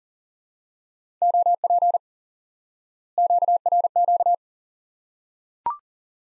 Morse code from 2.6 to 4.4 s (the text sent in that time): QRQ